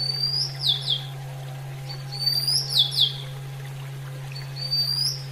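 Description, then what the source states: Oriental magpie-robin singing bright whistled phrases, each a rising sweep followed by sharp falling slurs, repeated roughly every two seconds against a constant low electrical hum. Female bird, nature-therapy sound.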